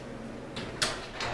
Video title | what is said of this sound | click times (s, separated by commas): Chamberlain PD222 Garage Door Opener Install | oh like that okay you might have heard it snap into place let me | 0.8 s